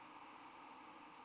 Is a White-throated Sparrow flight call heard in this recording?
no